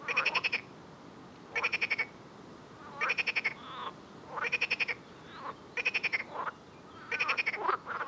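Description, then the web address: Frog repeating a bright, buzzy pulsed rattle roughly every second and a half, six bursts, with softer notes trailing several of them. "Soundscape Frog 1"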